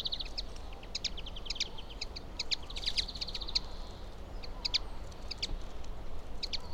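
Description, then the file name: Common linnet twittering in short bursts of clipped, bright notes against a noisy rushing background. "kenderike hangja"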